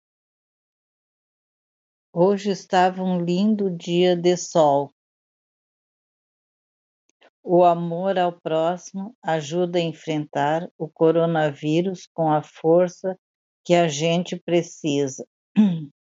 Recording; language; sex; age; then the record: spoken sentence; Brazilian Portuguese; female; 70 to 79 years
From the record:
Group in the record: control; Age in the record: 75 years